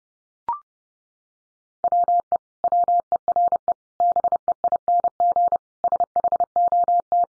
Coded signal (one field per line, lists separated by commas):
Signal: Morse code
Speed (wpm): 30 wpm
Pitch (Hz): 700 Hz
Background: none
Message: WE WERE BEING SHOT